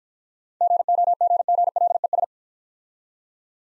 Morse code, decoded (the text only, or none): GOGGLES